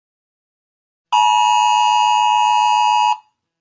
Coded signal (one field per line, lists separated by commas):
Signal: Emergency Alert System (SAME) tones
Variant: 853 and 960 Hz attention tone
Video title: EAS Scenario - The Warden (2/12)